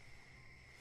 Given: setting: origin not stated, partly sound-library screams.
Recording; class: one-second piece from a danger detection set; normal situation